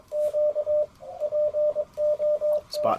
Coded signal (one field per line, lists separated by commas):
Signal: Morse code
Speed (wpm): 24 wpm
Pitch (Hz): 600 Hz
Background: radio noise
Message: Q POT